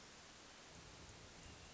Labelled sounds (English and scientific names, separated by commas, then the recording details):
Hermit Thrush (Catharus guttatus)
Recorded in Sonoma County, California